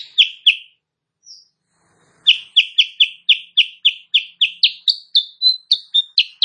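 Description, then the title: Sooty-headed bulbul singing a long, fast run of many bright, down-slurred chirps, after two opening notes, a faint note and a brief pause. Sooty-headed bulbul (Kutilang Sutra) singing energetically (gacor) in the morning; used as a master recording for training songbirds and said to make rival birds answer. "Masteran Kutilang Sutra. Kutilang Sutra GACOR pagi hari bikin lawannya AUTO NYAUT"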